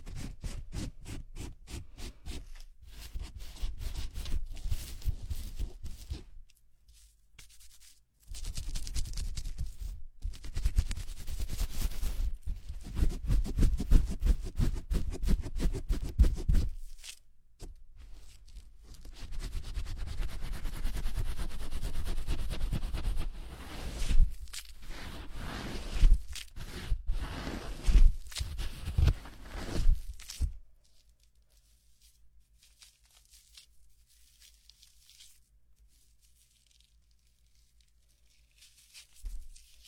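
Hair washing with a head massage: dense, scratchy rubbing and scrubbing sounds come in long bursts, with brief pauses around 7 and 17 seconds. After about 30 seconds the rubbing stops, leaving a low, quiet hum and one small sound near the end.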